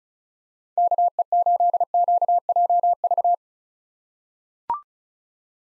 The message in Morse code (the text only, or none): KE8QJV